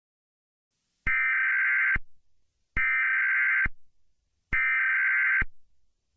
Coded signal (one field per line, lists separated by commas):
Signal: Emergency Alert System (SAME) tones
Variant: header bursts